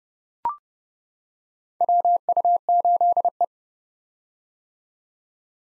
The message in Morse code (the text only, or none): WU8E